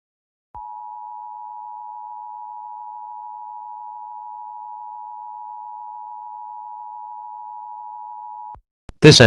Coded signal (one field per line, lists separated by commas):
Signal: Emergency Alert System (SAME) tones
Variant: 853 and 960 Hz attention tone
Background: speech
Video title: Green Virus Part III (+ The Frustrated Kitty, MistfulSkye, Dark Deception Gamer) (EAS Scenario)